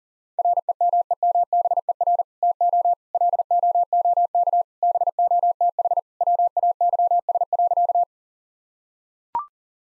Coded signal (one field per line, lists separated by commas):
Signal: Morse code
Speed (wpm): 38 wpm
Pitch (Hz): 700 Hz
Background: none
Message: REMEMBER TO LOOK BOTH WAYS.